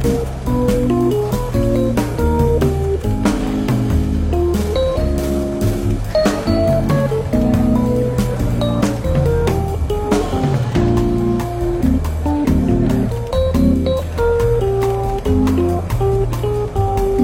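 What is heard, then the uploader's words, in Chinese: Soft, relaxed jazz plays steadily through a bookshop café, with a walking low bass line and mellow chords moving in regular phrases, plus occasional brighter melody notes. Light ticking and clinking sounds recur throughout, and a faint murmur sits underneath at an even level. 伦敦书店咖啡馆轻微喧闹氛围与柔和轻松的爵士背景音乐。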